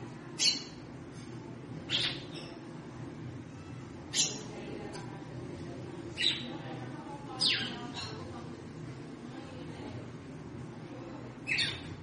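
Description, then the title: Red-cowled cardinal uttering several single sharp high chips at irregular intervals against a steady low hum. Female bird, described as trilling ('triculando') and 'batendo fogo', apparently to stimulate or excite the male. "Canto Galo Campina Fêmea. Fêmea de GALO DE CAMPINA - TRICULANDO,BATENDO FOGO PRA ESQUENTAR O MACHO??"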